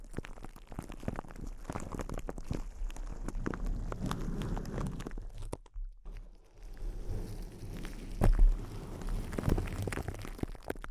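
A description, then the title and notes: Intense close-up crinkling, a dense stream of crackling snaps and rustles running almost without pause. Around the six-second mark it drops to near silence for a moment, then resumes, with a louder, heavier burst of crackles just after eight seconds. ASMR Intense Close-Up Crinkles (No Talking).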